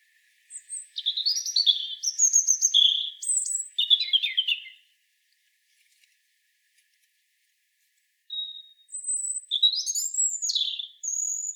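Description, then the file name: European robin song: two high, tumbling phrases of thin whistles and quick trills, the first lasting about four seconds, a silent gap, then a second phrase begins. "Erithacus rubecula"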